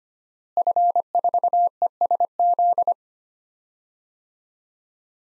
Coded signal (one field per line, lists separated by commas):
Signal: Morse code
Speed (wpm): 25 wpm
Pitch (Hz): 700 Hz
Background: none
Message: F4ESZ